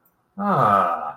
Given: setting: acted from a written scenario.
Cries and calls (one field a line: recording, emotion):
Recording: vocal sound without words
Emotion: romantic love